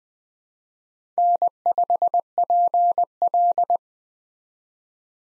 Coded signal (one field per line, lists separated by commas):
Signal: Morse code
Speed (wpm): 20 wpm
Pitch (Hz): 700 Hz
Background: none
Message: N5PL